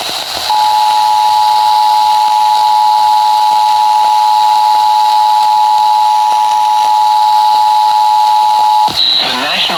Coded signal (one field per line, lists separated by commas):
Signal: Emergency Alert System (SAME) tones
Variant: 853 and 960 Hz attention tone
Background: speech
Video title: Severe Thunderstorm Warning on WQSM-FM (EAS #860)